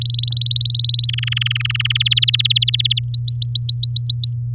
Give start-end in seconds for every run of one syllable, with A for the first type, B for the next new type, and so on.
0.01-1.06 A, 1.08-1.97 B, 2.00-2.99 C, 3.03-4.34 D